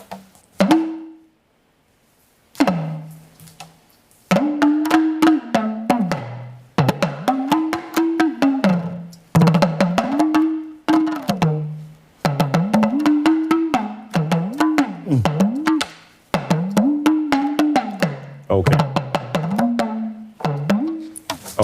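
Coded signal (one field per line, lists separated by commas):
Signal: talking drum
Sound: rapid drum strokes with pitch rising and falling, in speech-like phrases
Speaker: So, just to be clear, what did the drum say right now? the drum uh say u uh send greetings to people because before playing a drum there is also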